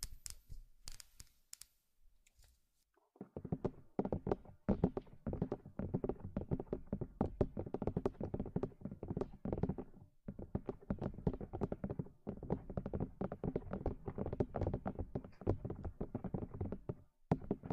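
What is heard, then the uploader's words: Charming tapping: dense, fast clusters of light taps and knocks run almost continuously from about three seconds to the end, with brief pauses near 4.5, 10 and 17 seconds. The opening seconds hold only a few sparse, brighter clicks before the tapping settles into its busy rhythm. Charming Tapping.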